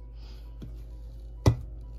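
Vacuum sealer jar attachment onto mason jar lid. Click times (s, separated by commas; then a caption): 1.5 s. A vacuum sealer's jar attachment is set on top of a lid on a pint mason jar and pushed down until it snaps into place. A faint tap comes at 0.6 seconds, then a sharp, bright snap at 1.5 seconds, and the attachment is seated on the lid.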